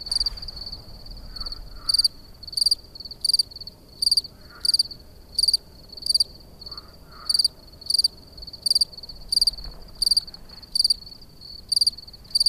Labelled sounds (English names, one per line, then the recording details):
Field Cricket stridulation
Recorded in the wild
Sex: male
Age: adult
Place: Schönow, Naturpark Barnim, Brandenburg, DE
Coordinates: 52.6858, 13.5161
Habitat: heather
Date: 2013-06-07 23:25
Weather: clear, windless, 15°C
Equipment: Sound Devices 702, Sennheiser MKH 70, Rycote Windschutz
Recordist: Frommolt, Karl-Heinz